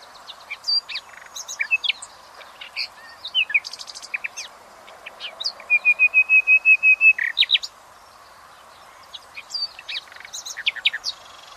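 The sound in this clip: Common nightingale song: varied whistles, clicks and buzzy notes, with a long run of rapid identical piping notes in the middle, then more scattered phrases.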